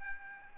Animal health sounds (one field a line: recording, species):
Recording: mosquito wingbeat signal from an infrared sensor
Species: Aedes albopictus